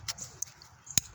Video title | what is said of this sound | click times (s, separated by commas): SPARK PLUGS, IGNITION COIL REPLACEMENT - 2012 Toyota Camry (DTC - P0300; P0302; P0303; P0304; P0351) | you hear the click. | 1.0 s